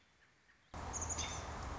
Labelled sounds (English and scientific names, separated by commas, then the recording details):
American Robin (Turdus migratorius)
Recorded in Sonoma County, California